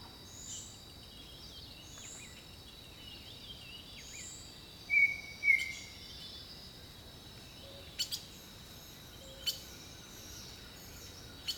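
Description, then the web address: Birds giving brief call notes: two sharp, slurred whistled notes just after five seconds over a steady high insect drone, with scattered clicks and faint chirps. Jungle birdsong. "Echoes of Nature - Jungle Talk 01 Jungle Birdsong"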